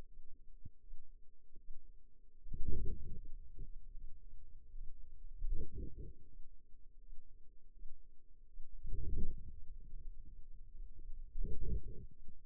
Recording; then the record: forearm muscle sounds (acoustic myography)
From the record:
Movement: wrist extension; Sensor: system 2, bracelet of six BSWA MPA416 microphones around the upper forearm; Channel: 1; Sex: female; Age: 23 years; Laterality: right